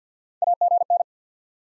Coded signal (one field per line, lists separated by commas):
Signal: Morse code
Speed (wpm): 48 wpm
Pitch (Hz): 700 Hz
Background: none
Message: AGN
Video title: SOTA QSO Practice 50wpm